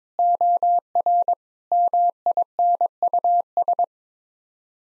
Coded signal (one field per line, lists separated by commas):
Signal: Morse code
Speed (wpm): 22 wpm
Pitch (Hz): 700 Hz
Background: none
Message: OR MINUS